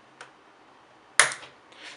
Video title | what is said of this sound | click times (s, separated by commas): GAMDIAS HERMES Mechanical Gaming Keyboard Unboxing + Review | they snap into place very very solidly and the entire foot | 1.2 s